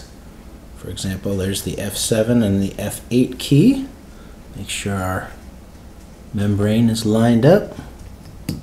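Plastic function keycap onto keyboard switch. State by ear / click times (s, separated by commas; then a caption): not seated / none. Plastic F7 and F8 function keycaps are handled for fitting onto the keyboard switches of a Commodore SX-64 after its keyboard membrane is lined up. Someone talks throughout, with a brief sharp sound at 8.5 s. Nothing has seated or clicked into place yet.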